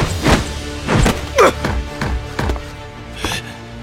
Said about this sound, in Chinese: 大汉怒目圆睁，右手骤然下挥，朝着戴沐白就拍了下来。戴沐白右拳自下而上迎上了对方手掌，砰的一声闷响，大汉的身体晃动了一下，戴沐白却向后退了两步